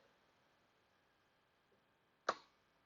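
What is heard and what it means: The upper fuel line quick-connect coupling is slid onto the fuel rail fitting of a 5.3L GM V8 engine until it clicks. After a quiet stretch with only a faint tick near 1.7 s, a single sharp, bright click sounds at 2.3 s and fades quickly. The coupling is seated on the fuel rail.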